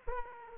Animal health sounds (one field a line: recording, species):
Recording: mosquito wingbeat signal from an infrared sensor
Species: Aedes aegypti